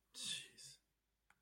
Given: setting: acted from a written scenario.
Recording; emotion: vocal sound without words; contempt